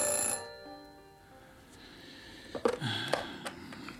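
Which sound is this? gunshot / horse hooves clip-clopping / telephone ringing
telephone ringing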